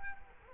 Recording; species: mosquito wingbeat signal from an infrared sensor; Culex quinquefasciatus